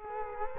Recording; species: mosquito wingbeat signal from an infrared sensor; Culex quinquefasciatus